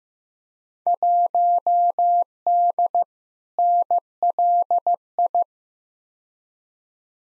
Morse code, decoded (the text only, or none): 1D NLI